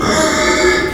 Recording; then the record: squeal of a Yucatan mini pig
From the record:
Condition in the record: before surgery on the right vocal fold (resection and tissue-engineered implant); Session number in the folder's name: 1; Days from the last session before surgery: -3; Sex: male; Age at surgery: 12 weeks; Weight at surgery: 13 kg